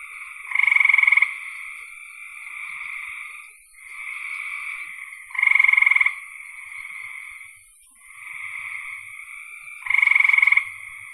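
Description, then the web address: Frog calls: three loud rapid pulsed bursts about every four to five seconds over a steady high trilling chorus. "cn frogs"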